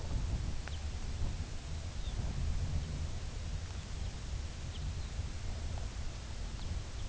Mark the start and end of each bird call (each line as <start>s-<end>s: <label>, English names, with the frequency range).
0.55s-0.84s: Lapland Longspur (2.5-4.7 kHz)
1.92s-2.19s: Lapland Longspur (2.6-4.5 kHz)
3.63s-3.96s: Lapland Longspur (2.9-4.2 kHz)
4.57s-5.20s: Lapland Longspur (2.4-4.8 kHz)
6.38s-7.08s: Lapland Longspur (2.4-5.0 kHz)